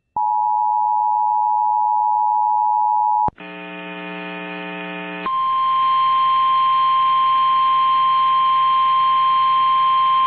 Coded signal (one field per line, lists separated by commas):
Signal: Emergency Alert System (SAME) tones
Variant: 853 and 960 Hz attention tone